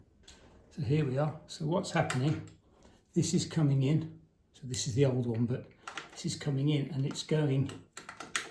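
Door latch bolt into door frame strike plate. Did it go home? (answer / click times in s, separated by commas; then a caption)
no / none. Someone talks while an internal door is closed so its old latch bolt meets the strike plate in the door frame, with a few faint, brief knocks near the end around 8.0–8.4 s. The bolt sits slightly low and runs along the bottom edge of the strike hole instead of going into it, so nothing has clicked into place.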